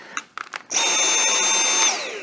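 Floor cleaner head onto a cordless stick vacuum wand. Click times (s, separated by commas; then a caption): 0.4 s. A plastic V8 floor cleaner head is pushed onto the wand of a V7 cordless stick vacuum. It clicks into place at 0.4 s, after a few light knocks at 0.2 s and 0.6 s. A steady whirring drone with a high whine then starts around 0.7 s and falls in pitch as it winds down from about 1.9 s, though the head itself won't run because there is no electrical connection.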